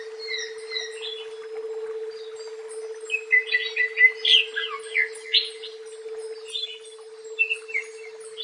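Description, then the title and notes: Leafbird song in irregular bursts: sharp chirps, whistles and chattering notes separated by brief silences, over a continuous hum. "Cucak Ijo"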